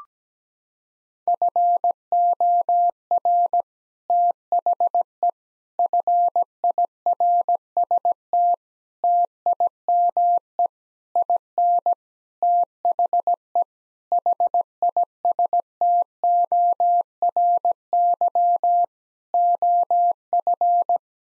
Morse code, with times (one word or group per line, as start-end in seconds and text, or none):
1.3-3.6 FOR
4.1-5.3 THE
5.8-8.5 FIRST
9.0-10.7 TIME
11.2-11.9 IN
12.4-13.6 THE
14.1-18.8 HISTORY
19.3-21.0 OF